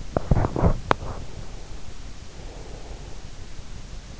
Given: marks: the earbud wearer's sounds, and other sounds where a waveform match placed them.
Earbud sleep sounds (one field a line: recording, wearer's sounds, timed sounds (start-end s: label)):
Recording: sounds in sleep by an in-ear microphone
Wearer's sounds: teeth grinding, breath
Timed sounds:
0.00-1.43 s: teeth grinding
1.43-3.34 s: breath